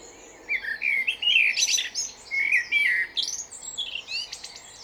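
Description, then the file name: Common blackbird song: a continuous run of mellow, warbled whistles mixed with higher squeaky notes, ending in chattering. "Turdus merula"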